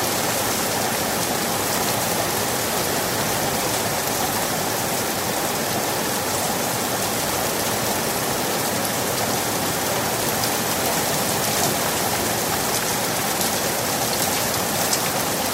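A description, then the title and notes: A summer rainstorm pours down steadily, a dense, even hiss of rain pattering and splashing against the ground without pause or change. The calming sounds of a summer rainstorm, as it patters and splashes against the ground.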